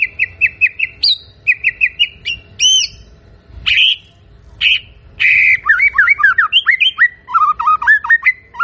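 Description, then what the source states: White-rumped shama song mixing quick repeated chirp runs, loud emphatic notes, and a rich run of varied whistled phrases with rising and falling slurs. Lure of a strongly singing bird, meant to provoke a response from other birds.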